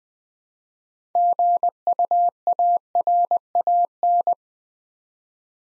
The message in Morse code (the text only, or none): GUARAN